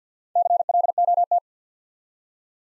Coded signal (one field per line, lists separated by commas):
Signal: Morse code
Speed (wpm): 52 wpm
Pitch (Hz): 700 Hz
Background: none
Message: CLOT